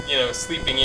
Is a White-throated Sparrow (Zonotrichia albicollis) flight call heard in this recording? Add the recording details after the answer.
no. No flight call is heard. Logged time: 02:37 on 4 September 2014